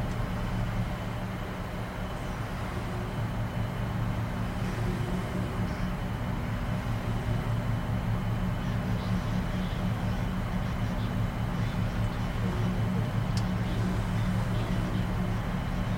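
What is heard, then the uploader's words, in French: Inside a shuttle cabin, a steady low engine hum and rumble fills the space without letup, with a faint tonal drone riding on top. Soft, indistinct voices and small knocks surface now and then in the background, while the overall level stays constant throughout. Vol Spatial | Ambiance Cabine de Navette pour un Sommeil Profond.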